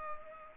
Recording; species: mosquito wingbeat signal from an infrared sensor; Culex pipiens